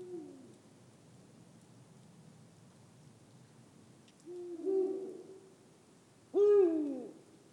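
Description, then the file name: Eurasian eagle-owl giving two deep hoots late, the second louder and harsher, over steady background hiss. "Der Uhu Ruf Voegel in Europa"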